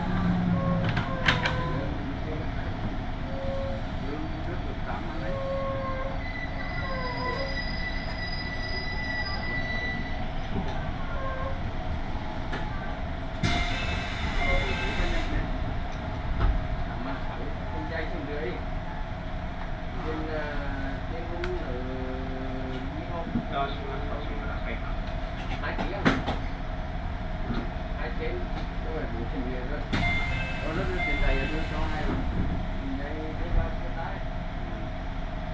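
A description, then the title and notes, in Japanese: Riding a local train on a main line, with a steady low rumble of wheels and motor whine rising and falling through the ride. Bursts of hissing air come at about 14 and 31 seconds, and faint voices sit in the background. 東海道本線各駅停車 豊橋→西岡崎。最近は運用も減っている311系特有の加速感が分かると思います。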